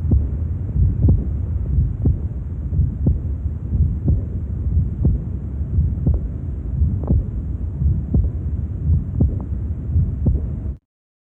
Aortic Regurgitation.